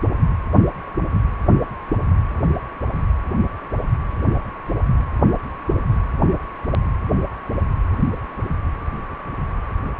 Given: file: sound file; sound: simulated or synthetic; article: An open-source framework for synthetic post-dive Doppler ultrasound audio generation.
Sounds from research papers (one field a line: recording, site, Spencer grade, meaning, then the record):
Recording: Doppler ultrasound audio after a dive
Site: precordial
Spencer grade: 0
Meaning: Complete lack of bubble signals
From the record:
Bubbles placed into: full cardiac cycles